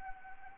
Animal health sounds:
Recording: mosquito wingbeat signal from an infrared sensor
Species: Anopheles arabiensis

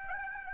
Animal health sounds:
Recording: mosquito wingbeat signal from an infrared sensor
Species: Aedes aegypti

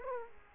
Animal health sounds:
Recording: mosquito wingbeat signal from an infrared sensor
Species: Aedes aegypti

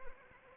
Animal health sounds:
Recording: mosquito wingbeat signal from an infrared sensor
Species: Anopheles arabiensis

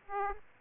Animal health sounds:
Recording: mosquito wingbeat signal from an infrared sensor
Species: Aedes aegypti

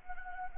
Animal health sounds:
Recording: mosquito wingbeat signal from an infrared sensor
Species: Anopheles arabiensis

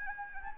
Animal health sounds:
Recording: mosquito wingbeat signal from an infrared sensor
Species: Anopheles gambiae

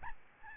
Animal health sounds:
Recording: mosquito wingbeat signal from an infrared sensor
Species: Aedes albopictus

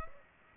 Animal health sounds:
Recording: mosquito wingbeat signal from an infrared sensor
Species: Aedes aegypti

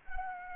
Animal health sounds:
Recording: mosquito wingbeat signal from an infrared sensor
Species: Culex quinquefasciatus

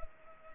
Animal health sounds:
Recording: mosquito wingbeat signal from an infrared sensor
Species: Culex pipiens

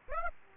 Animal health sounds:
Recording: mosquito wingbeat signal from an infrared sensor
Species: Aedes aegypti

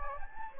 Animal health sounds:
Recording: mosquito wingbeat signal from an infrared sensor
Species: Anopheles gambiae

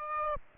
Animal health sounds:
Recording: mosquito wingbeat signal from an infrared sensor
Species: Aedes aegypti

